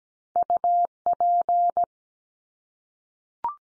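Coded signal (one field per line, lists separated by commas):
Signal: Morse code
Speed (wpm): 17 wpm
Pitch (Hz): 700 Hz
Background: none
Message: UP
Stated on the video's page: Morse word drill of the 500 most common English words at 17 wpm, each word sent three times, then once more.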